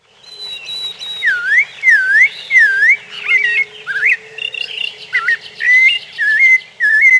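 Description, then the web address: Bird song of clear whistled notes, a series of swooping U-shaped whistles repeated several times, then varied chirps and slurred whistles, with a faint steady low tone beneath. Recorded in North America. "Peterson North American Birds"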